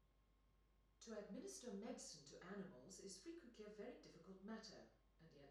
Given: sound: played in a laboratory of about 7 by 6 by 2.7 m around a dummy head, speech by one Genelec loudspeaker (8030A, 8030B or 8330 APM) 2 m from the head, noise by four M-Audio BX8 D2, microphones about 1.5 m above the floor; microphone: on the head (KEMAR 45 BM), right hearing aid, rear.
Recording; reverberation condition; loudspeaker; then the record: female speech in English; medium; 120 degrees to the left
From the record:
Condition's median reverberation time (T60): about 510 ms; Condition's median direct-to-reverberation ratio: about -0.5 dB